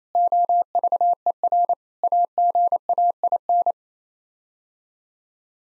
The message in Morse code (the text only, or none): OVER AGAIN